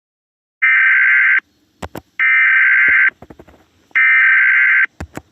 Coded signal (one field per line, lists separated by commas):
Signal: Emergency Alert System (SAME) tones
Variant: header bursts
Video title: eas scenario 1# thomas.exe